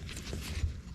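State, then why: Not seated. On a Toyota RAV4, the second wiper blade is being pushed away onto the windshield wiper arm toward its plastic lock, with soft handling and scraping noises over a low rumble. Nothing has seated or clicked yet.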